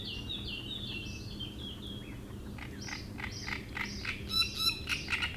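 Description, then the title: Great reed warbler song: grating, rasping notes repeated in a rough rhythm through the second half, after an opening of thin, clear whistles. Strident song from a reed bed at a lakeside beach in Chindrieux, France; the species is a migrant from Africa and can sing day and night. "Roselière plage Chatillon, Chindrieux, France - Rousserole turdoïde"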